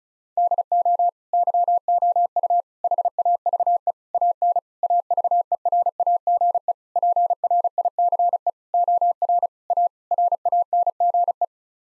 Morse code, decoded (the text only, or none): DO YOU HAVE AN AVERAGE PRICE OR A RANGE